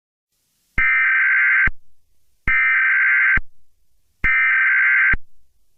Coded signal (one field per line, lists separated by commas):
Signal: Emergency Alert System (SAME) tones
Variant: header bursts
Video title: EAS Scenario #35: EF6